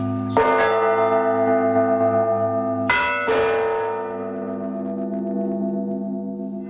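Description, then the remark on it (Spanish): A deep church bell strikes twice, each loud clang followed by a long, shimmering hum of layered tones that slowly fades, with no voices. “La campana es el único instrumento con dos fundamentales a una altura, digamos, de disonancia.”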